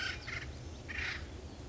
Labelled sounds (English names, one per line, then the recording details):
Acorn Woodpecker
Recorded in Sonoma County, California